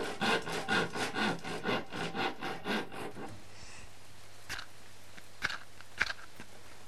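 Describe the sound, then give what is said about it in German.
A saw cuts through wood in about a dozen quick, rhythmic back-and-forth strokes, then stops, leaving a low hum and a few faint scattered clicks. “Wir sägen in die nächste Szene.”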